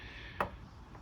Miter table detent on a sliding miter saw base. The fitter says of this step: you know of course it's got the indents like our miter saws do and they click into place at